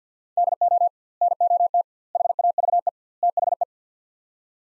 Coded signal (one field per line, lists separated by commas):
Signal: Morse code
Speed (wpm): 46 wpm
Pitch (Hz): 700 Hz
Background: none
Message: DO NOT HAVE THE